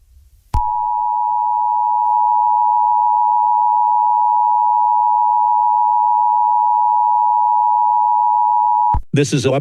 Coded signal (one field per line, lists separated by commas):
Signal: Emergency Alert System (SAME) tones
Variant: 853 and 960 Hz attention tone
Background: speech